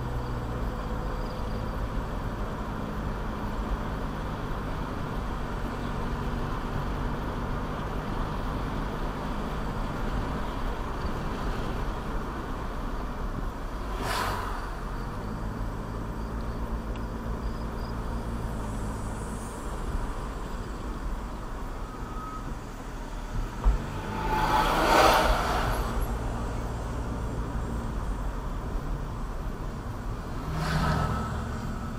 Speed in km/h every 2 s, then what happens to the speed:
44, 48, 50, 52, 52, 53, 44, 35, 37, 40, 37, 29, 32, 39, 39, 19.
0-6 speeds up to 52. 10-14 brakes to 35. 14-19 steady at about 37. 19-22 brakes to 29. 22-26 speeds up to 39. 28-32 brakes to 19.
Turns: none.